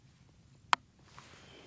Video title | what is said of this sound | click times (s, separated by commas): How To Predator Trapping! Coyote Catch and Detailed Set Re-Make #coyote #trapper | I'll pull it down till it clicks. | 0.7 s